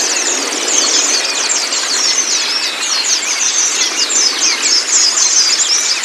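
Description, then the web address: White-eye chatter: thick, continuous high-pitched chirps and trills, many notes overlapping with no break. Therapy recording meant to get the white-eye to open its beak and sing; used as a masteran (song-tutor) track. "audio pleci-terapi-buka-paruh. masteran pleci"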